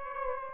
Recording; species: mosquito wingbeat signal from an infrared sensor; Aedes aegypti